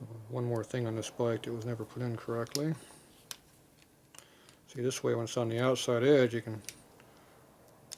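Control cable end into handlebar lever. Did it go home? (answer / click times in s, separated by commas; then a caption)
yes / 7.9 s. On a 1965 Harley-Davidson Panhead 74ci FLH motorcycle, the metal control cable end, which was never put in correctly, is fitted into the handlebar lever from the outside edge while someone talks. Several small ticks and taps follow in a quiet gap, then a sharp click at 7.9 s as the cable end pops right into the lever and seats.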